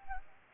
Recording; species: mosquito wingbeat signal from an infrared sensor; Anopheles gambiae